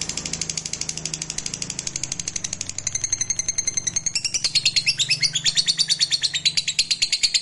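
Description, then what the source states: Lovebird trill, an unbroken stream of fast, high, chattering notes with a shrill whistled tone woven in, growing louder and shifting in pitch in the second half. Fighter lovebird giving ngekek panjang, a long trill song style.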